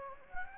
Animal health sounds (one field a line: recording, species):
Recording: mosquito wingbeat signal from an infrared sensor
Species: Anopheles gambiae